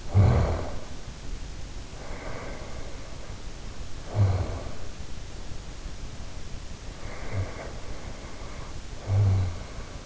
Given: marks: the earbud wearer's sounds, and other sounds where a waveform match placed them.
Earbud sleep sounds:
sounds in sleep by an in-ear microphone; snoring breath
0.02-0.80 s: snoring breath
1.94-4.80 s: snoring breath
6.91-10.06 s: snoring breath

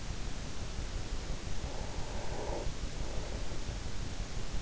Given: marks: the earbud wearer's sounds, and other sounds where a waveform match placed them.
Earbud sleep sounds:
sounds in sleep by an in-ear microphone; breath
1.23-3.53 s: breath

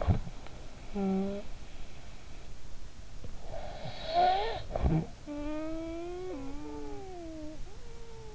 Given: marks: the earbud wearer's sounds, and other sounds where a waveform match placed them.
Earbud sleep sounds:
sounds in sleep by an in-ear microphone; snoring breath
0.00-8.35 s: snoring breath

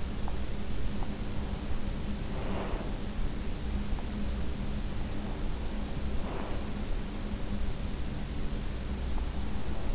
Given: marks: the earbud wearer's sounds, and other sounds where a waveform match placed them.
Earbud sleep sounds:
sounds in sleep by an in-ear microphone; teeth grinding, breath
0.00-1.38 s: teeth grinding
2.16-2.97 s: breath
5.81-6.98 s: breath

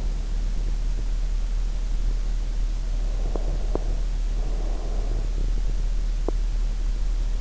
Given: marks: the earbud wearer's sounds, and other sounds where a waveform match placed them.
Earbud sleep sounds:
sounds in sleep by an in-ear microphone; breath, teeth grinding
3.05-5.66 s: breath
3.28-4.00 s: teeth grinding
6.17-6.51 s: teeth grinding

